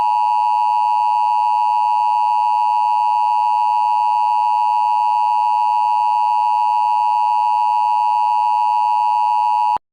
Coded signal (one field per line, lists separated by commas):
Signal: Emergency Alert System (SAME) tones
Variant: 853 and 960 Hz attention tone